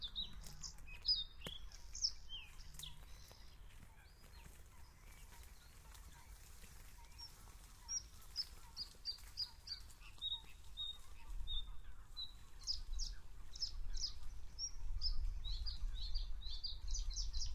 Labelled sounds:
Bluethroat song

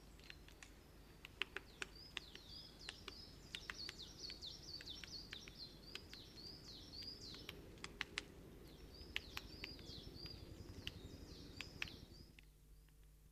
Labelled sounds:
Coal Tit song

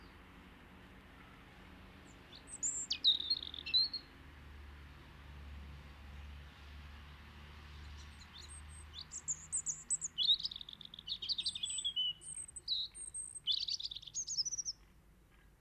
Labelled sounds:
European Robin song

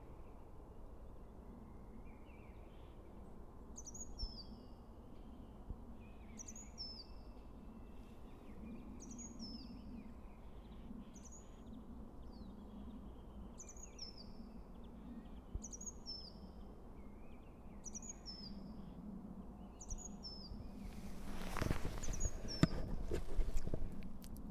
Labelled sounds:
Great Tit song

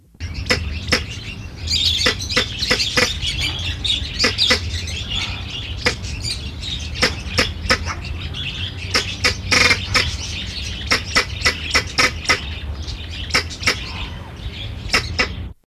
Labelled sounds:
Crested Guineafowl call

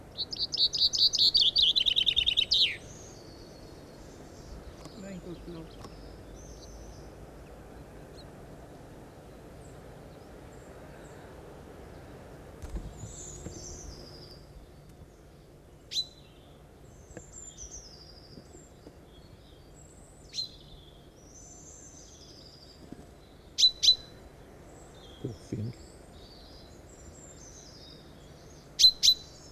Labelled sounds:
Common Chaffinch song

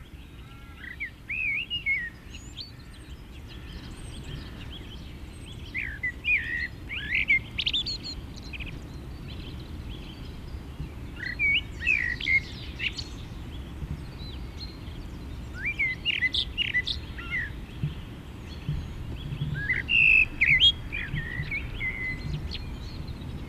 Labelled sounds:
Common Blackbird song

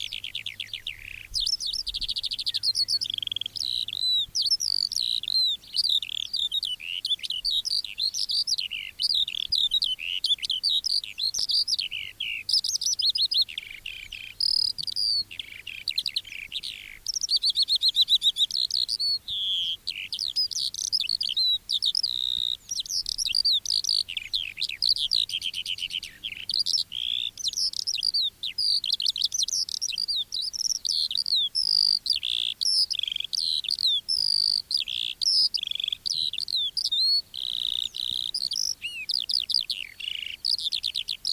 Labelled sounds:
Eurasian Skylark song

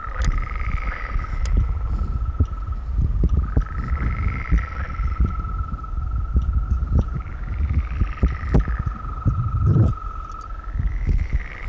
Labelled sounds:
Green Toad call

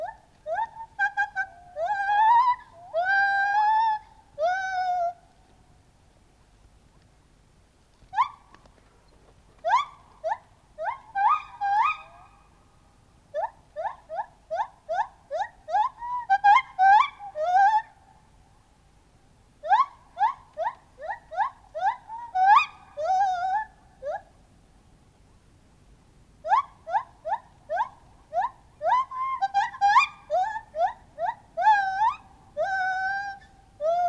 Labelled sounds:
Lar Gibbon

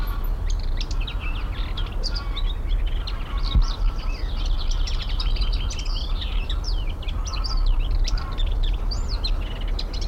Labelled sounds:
Willow Warbler

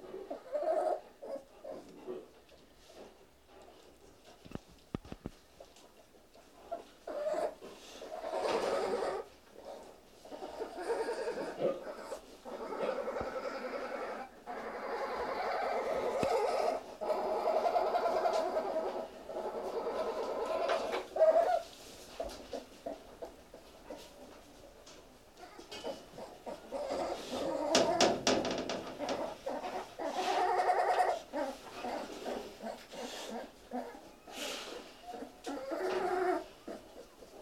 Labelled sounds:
Golden Jackal howling

